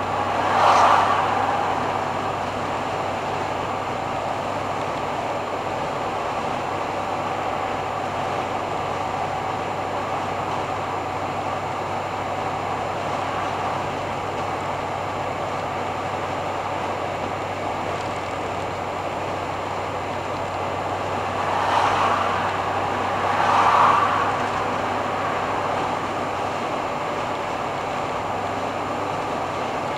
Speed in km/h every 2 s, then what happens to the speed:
87, 88, 88, 88, 86, 87, 86, 87, 85, 85, 86, 87, 88, 88, 89.
0-30 steady at about 87.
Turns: none.